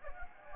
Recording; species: mosquito wingbeat signal from an infrared sensor; Anopheles gambiae